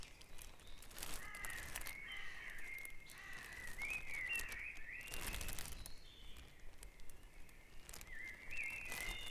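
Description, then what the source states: Dawn chorus of birds: warbled whistles and slurred notes come again and again among rasping calls and scattered sharp ticks. Dawn chorus at Back Dragon Avenue, Harrogate; part of the Sound Map of Harrogate.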